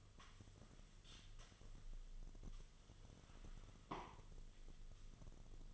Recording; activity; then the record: daily activity, microphone in the room; sweep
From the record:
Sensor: 4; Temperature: 26.3 degrees Celsius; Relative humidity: 32.1%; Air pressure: 1005.6 hPa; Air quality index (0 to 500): 110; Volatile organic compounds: 3 ppm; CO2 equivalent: 1367 ppm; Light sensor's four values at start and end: 13/29/11/11 and 13/29/11/11